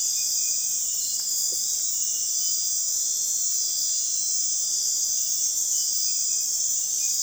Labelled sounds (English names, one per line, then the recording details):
none
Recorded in dense forest near Puerto Asís, Putumayo, Colombia, on 21 February 2024 at 02:00
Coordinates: 0.499, -76.324
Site G6469